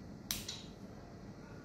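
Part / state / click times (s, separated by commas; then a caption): telescope into resectoscope working element / seated / 0.3 s. A fragile optical telescope is carefully slid into the larger tube of an Olympus TUR resectoscope working element. It latches with a sharp click at 0.3 s, followed by a softer hit at 0.5 s over a low background hum. The telescope is seated in place.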